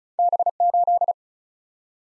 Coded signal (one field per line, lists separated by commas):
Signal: Morse code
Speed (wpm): 36 wpm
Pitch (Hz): 700 Hz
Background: none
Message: B8